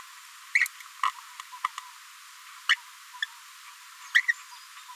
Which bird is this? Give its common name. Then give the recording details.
Green-rumped Parrotlet. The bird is a female. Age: 28 days. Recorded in a nest box in Venezuela. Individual 17B73B4